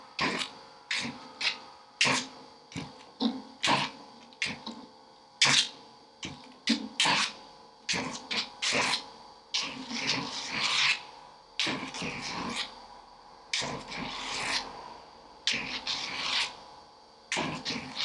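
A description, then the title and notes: A self-running drawing machine scrapes and rubs against a surface in short, irregular strokes, each a bright rasping burst. The strokes come in quick clusters, sometimes lengthening into longer scratches, with a faint steady hum and brief quiet gaps between them. The soundscapes are constructed from recordings of simple autonomous kinetic drawing apparatus that were set up and left to operate for extended periods of time without intervention. The sounds were manipulated by layering, time shifting, EQ and other simple effects.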